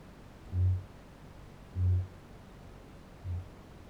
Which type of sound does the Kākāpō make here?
boom